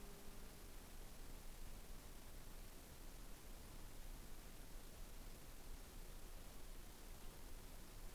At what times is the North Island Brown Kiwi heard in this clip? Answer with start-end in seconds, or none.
none